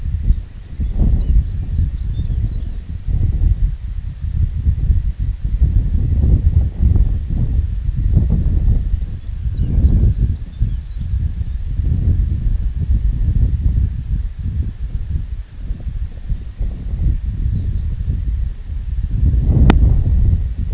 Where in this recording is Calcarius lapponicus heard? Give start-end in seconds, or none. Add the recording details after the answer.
0.17-2.91, 8.78-11.65, 17.15-18.07. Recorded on Arctic tundra, site IGLO-D, on 25 June 2018. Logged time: 08:00